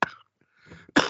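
Two harsh, explosive cough bursts about a second apart from an adult man who has been ill and is still not fit, with a faint rattling, chesty breath between them; the cough comes from deep in the chest.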